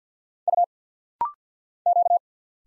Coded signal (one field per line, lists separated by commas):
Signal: Morse code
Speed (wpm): 50 wpm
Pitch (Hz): 700 Hz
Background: none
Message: U Q